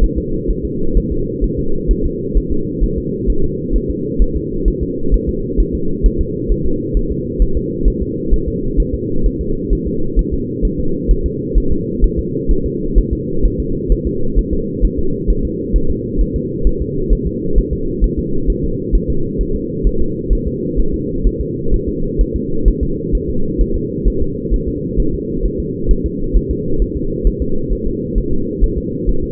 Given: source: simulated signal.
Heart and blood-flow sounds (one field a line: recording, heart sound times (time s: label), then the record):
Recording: fetal heart sounds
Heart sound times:
0.04 s: S1
0.18 s: S2
0.51 s: S1
0.65 s: S2
0.97 s: S1
1.12 s: S2
1.44 s: S1
1.59 s: S2
1.91 s: S1
2.06 s: S2
2.38 s: S1
2.52 s: S2
2.84 s: S1
2.98 s: S2
3.30 s: S1
3.44 s: S2
3.76 s: S1
3.90 s: S2
4.22 s: S1
4.37 s: S2
4.68 s: S1
4.83 s: S2
5.14 s: S1
5.29 s: S2
5.60 s: S1
5.75 s: S2
6.06 s: S1
6.21 s: S2
6.52 s: S1
6.66 s: S2
6.97 s: S1
7.12 s: S2
7.42 s: S1
7.57 s: S2
7.88 s: S1
8.02 s: S2
8.34 s: S1
8.48 s: S2
8.80 s: S1
8.95 s: S2
9.26 s: S1
9.41 s: S2
9.73 s: S1
9.87 s: S2
10.19 s: S1
10.34 s: S2
10.65 s: S1
10.80 s: S2
11.11 s: S1
11.26 s: S2
11.58 s: S1
11.72 s: S2
12.04 s: S1
12.19 s: S2
12.51 s: S1
12.66 s: S2
12.98 s: S1
13.13 s: S2
13.46 s: S1
13.60 s: S2
13.92 s: S1
14.07 s: S2
14.39 s: S1
14.53 s: S2
14.85 s: S1
14.99 s: S2
15.30 s: S1
15.45 s: S2
15.76 s: S1
15.90 s: S2
16.21 s: S1
16.36 s: S2
16.67 s: S1
16.82 s: S2
17.13 s: S1
17.27 s: S2
17.58 s: S1
17.73 s: S2
18.04 s: S1
18.19 s: S2
18.50 s: S1
18.64 s: S2
18.95 s: S1
19.10 s: S2
19.41 s: S1
19.55 s: S2
19.87 s: S1
20.01 s: S2
20.33 s: S1
20.48 s: S2
20.80 s: S1
20.94 s: S2
21.27 s: S1
21.41 s: S2
21.74 s: S1
21.89 s: S2
22.21 s: S1
22.36 s: S2
22.68 s: S1
22.83 s: S2
23.15 s: S1
23.30 s: S2
23.61 s: S1
23.76 s: S2
24.08 s: S1
24.22 s: S2
24.54 s: S1
24.68 s: S2
25.00 s: S1
25.14 s: S2
25.46 s: S1
25.60 s: S2
25.91 s: S1
26.06 s: S2
26.37 s: S1
26.51 s: S2
26.82 s: S1
26.96 s: S2
27.27 s: S1
27.42 s: S2
27.73 s: S1
27.87 s: S2
28.18 s: S1
28.33 s: S2
28.64 s: S1
28.78 s: S2
29.09 s: S1
29.24 s: S2
From the record:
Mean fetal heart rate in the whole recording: 130 bpm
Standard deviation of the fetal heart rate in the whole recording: 2 bpm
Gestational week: 36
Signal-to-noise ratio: -8.1 dB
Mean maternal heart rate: 72 bpm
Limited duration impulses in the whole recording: absent